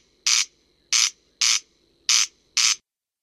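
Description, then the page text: Corn crake rasping crex-crex calls, five loud scratchy bursts in paired rhythm, then silence at the end. France; playback recording for breeding-season surveys. "Râle des genêts"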